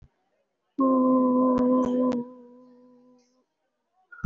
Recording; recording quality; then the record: sustained vowel as in boot; excellent, no background noise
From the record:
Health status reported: respiratory illness, not identified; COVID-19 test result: negative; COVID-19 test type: RT-PCR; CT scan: taken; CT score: 0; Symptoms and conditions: cough, cold, breathing difficulty, pneumonia, another respiratory illness, another condition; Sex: female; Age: 37 years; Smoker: no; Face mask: worn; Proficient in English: yes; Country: India